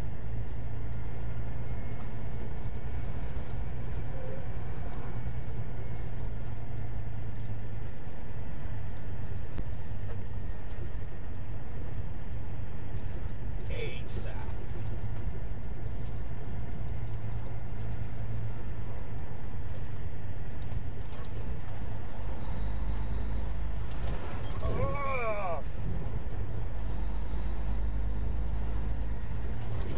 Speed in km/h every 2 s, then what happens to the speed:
40, 42, 40, 37, 35, 35, 35, 37, 39, 39, 37, 37, 35, 35, 39.
3-7 slows to 35. 7-30 steady at about 37.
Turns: none.